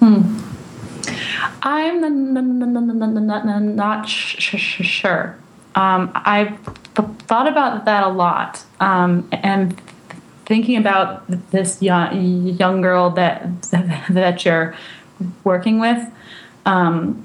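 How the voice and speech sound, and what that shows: Adult female speech with prolonged sounds, a part-word repetition and long hesitations: stuttering. The speaker is an adult woman who has stuttered since childhood and had speech therapy in elementary school.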